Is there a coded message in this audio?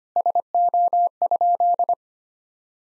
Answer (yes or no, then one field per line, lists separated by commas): yes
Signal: Morse code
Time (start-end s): 0.2-1.9 s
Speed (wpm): 25 wpm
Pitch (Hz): 700 Hz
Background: none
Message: SO?